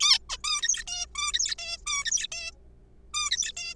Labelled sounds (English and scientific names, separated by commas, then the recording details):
Zebra Finch (Taeniopygia guttata)
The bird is a juvenile
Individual R3428